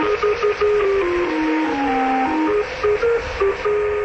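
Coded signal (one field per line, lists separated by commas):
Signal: numbers station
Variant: Lincolnshire Poacher (E3)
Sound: a simple electronic folk melody of stepped notes repeating through hissy shortwave static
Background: radio static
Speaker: So we'll get the tune, and then in a moment the numbers will start.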